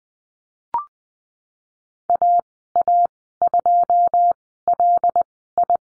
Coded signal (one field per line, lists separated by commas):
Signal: Morse code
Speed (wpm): 20 wpm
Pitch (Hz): 700 Hz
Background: none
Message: AA2LI